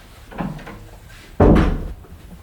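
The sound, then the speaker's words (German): A bathroom door is pushed shut: a softer creak or shuffle first, then a loud, full-bodied thud as it closes, with a brief rattle trailing off. “Soll ich die Tür wieder zumachen?”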